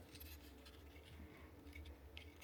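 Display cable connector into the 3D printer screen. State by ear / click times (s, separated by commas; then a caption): not seated / none. On a second attempt, after an unsatisfactory first try, a display cable connector is handled and pushed toward the screen of a Bambu Lab P1S 3D printer. Faint scratchy handling noises play over a steady low hum. Nothing has seated or clicked yet.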